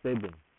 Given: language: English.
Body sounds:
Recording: throat vibration sensor signal played as sound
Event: speech

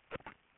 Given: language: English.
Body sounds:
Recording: throat vibration sensor signal played as sound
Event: swallow

